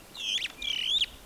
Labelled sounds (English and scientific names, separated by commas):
Superb Starling (Lamprotornis superbus) flight call